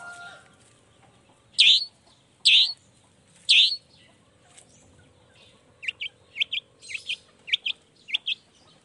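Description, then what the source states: Long-tailed shrike giving three loud harsh notes, then a quick series of sharp paired chirps, over a faint steady hum. Vigorously singing long-tailed shrike in the morning with 'toet toet' sound variations, meant to stimulate lazy shrikes into singing along.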